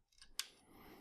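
A plastic tread piece is moved down and tabbed onto the leg of a transforming plastic toy robot during its tank-mode transformation. A soft tick at 0.2 s is followed by one sharp, loud plastic snap at 0.4 s as the piece seats, then quiet rubbing and handling noise.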